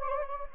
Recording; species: mosquito wingbeat signal from an infrared sensor; Anopheles gambiae